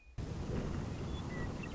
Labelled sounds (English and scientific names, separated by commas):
Western Meadowlark (Sturnella neglecta)